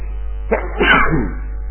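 A single sneeze: a short sharp catch of breath, then a bursting, breathy explosion that trails off over a low steady hum, with no talking.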